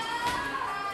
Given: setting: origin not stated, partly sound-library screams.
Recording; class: one-second piece from a danger detection set; woman in danger